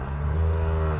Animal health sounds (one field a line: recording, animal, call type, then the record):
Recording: contact call of a hoofed animal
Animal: cattle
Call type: low-frequency (closed-mouth) or high-frequency (open-mouth) call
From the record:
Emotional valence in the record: negative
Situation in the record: full separation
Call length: 1.01 s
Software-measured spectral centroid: 1010 Hz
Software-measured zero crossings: 540 a second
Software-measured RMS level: -24 dBFS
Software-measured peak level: -15 dBFS